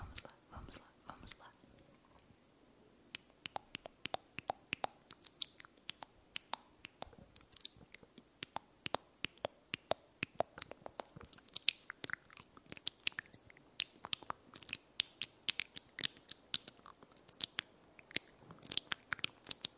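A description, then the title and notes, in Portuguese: Mouth sounds: sharp wet clicks, smacks and crunchy bites, like chewing. The clicks are irregular and sparse at first, then grow denser and brighter after about ten seconds, with a faint low hum underneath. Um ASMR focando em sons de boca com o microfone TASCAM para promover relaxamento intenso e arrepios.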